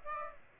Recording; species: mosquito wingbeat signal from an infrared sensor; Aedes aegypti